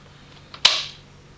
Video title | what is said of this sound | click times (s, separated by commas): How To Install a M4 Bayonet onto an M1 Carbine | and pull back until it locks into place | 0.7 s